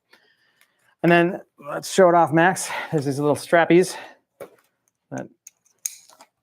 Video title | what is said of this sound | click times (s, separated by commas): LIVE 📦 Unboxing a 6-Figure 🤑 Podcast Studio 🎙️ Ask Me Anything | click in place there. | 5.9 s